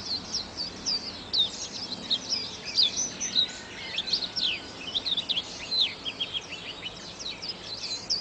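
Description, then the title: White-eye twitter, busy overlapping high chirps and trills, with steady background hiss. "Pleci. Burung"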